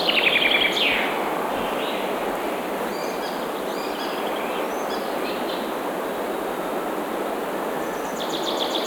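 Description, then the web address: Bird song: a quick series of repeated notes ending in a falling slur in the first second, then scattered faint chirps over a steady rushing background hiss. Birds singing in a forest. "مجموعه افکت صدا حیوانات SES Animals SFX Singing Forest Birds"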